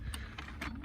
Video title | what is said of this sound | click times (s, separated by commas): Flush Sash Window | no it's not i missed it so | none